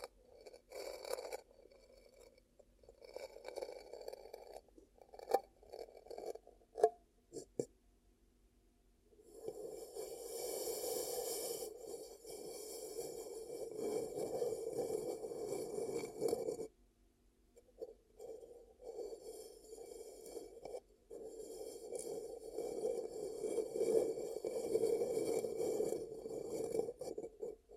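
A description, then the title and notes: Hands cup and rub over the ears, giving muffled, breathy swishes centred low-mid with bright crackle on top. Short taps and scrapes come first, then longer continuous rubbing runs from about 9 to 16 seconds and again from 21 seconds on, separated by near silence. ASMR 10 Ear Cupping Triggers for Deep Sleep & Relaxation (No Talking).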